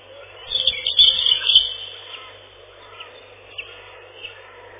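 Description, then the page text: European robin song: one brief, bright warbling phrase of quick high notes early on, then only faint thin notes over a low hum. Song described as a loud ringing trill. "Зарянка, или реполов, или малиновка - Erithacus rubecula"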